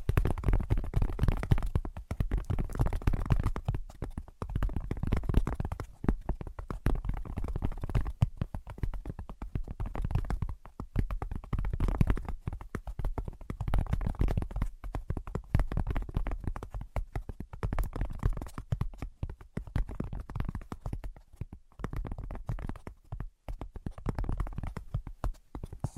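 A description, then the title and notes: Fast, dense tapping runs without pause for the whole stretch, a rapid flurry of soft, dull hits weighted toward the low and middle range. The pace and loudness shift slightly in waves, with brief thinner patches near 2 and 23 seconds. Brain Penetrating 3D Tapping.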